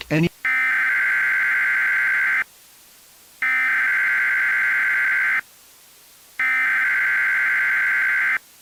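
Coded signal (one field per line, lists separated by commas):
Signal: Emergency Alert System (SAME) tones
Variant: header bursts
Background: speech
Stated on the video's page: Mock EAS scenario with valid tones capable of triggering real activations.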